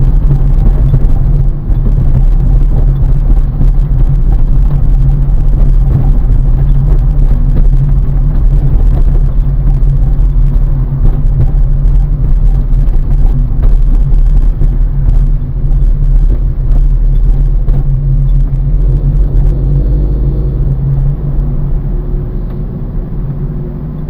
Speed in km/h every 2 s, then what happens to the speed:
31, 29, 27, 25, 25, 24, 20, 20, 24, 29, 35, 35.
0-14 slows to 20. 14-20 speeds up to 35.